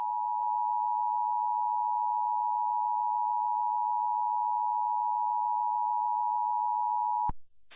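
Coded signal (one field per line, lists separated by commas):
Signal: Emergency Alert System (SAME) tones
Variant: 853 and 960 Hz attention tone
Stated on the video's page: Fictional tornado EAS scenario for central Indiana.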